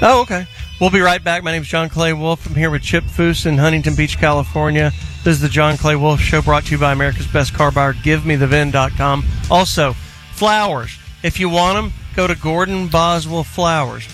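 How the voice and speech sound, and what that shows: Clear, fluent adult male speech at a brisk talk-show pace, with steady voicing and ordinary articulation.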